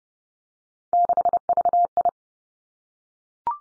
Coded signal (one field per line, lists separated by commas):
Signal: Morse code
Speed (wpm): 30 wpm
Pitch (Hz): 700 Hz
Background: none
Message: 6VI